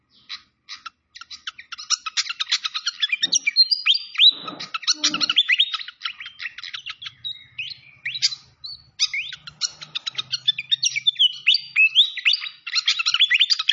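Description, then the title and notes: Malaysian pied fantail song: staccato chips and slurred whistles pouring out in long runs with short pauses, a few low knocks and a soft hum midway. Training (masteran) recording of clear-voiced song mixed with the sound of trickling water. "Masteran Sikatan Kipas Suara Jernih Dan Suara Gemericik Air. Suara Burung Sikatan Londo"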